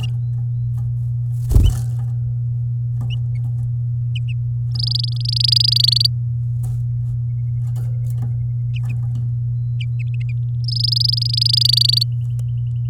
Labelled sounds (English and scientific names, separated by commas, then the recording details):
Domestic Canary (Serinus canaria) song
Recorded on 10 May 2018 at 09:46
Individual llb16